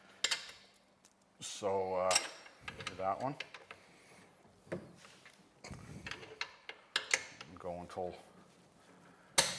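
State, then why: Torque reached. A click-type torque wrench tightens a steel frame bolt with short ratcheting clicks while someone talks. The wrench breaks over with a sharp click at 9.4 seconds, confirming the bolt is torqued to 90 ft-lb.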